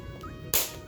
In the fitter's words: there he goes clicks in that's one side you're going to take the other side